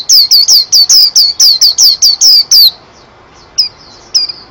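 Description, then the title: White-eye song: a fast run of high, bright downslurred whistles, then a pause and a few scattered notes. Contest bird, national champion, singing constantly (gacor); song styles 'teler' and 'ropel' with canary-imitation fills (isian kenari); 2015 video. "Pleci Juara 1 Nasional pleci Gacor juara nasional teler gacor ropel pleci isian kenari Video 2015"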